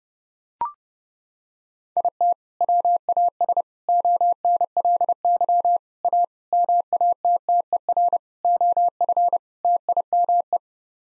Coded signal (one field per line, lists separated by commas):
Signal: Morse code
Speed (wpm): 30 wpm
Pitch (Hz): 700 Hz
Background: none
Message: IT WAS ONLY A MATTER OF TIME